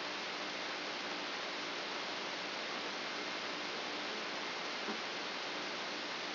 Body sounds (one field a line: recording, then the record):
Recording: brain microelectrode recording played as sound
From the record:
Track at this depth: outside the subthalamic nucleus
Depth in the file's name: 8.628 mm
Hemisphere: left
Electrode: 2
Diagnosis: Parkinson's disease